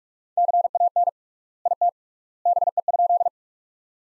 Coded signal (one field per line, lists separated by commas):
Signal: Morse code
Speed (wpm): 42 wpm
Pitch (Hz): 700 Hz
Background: none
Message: CAN IT BE?